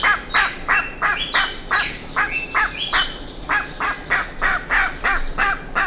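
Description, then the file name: Bird giving harsh, nasal calls repeated about three times a second, with a thin high whistle drawn out in the background. "SABIOD 50 bird 2015"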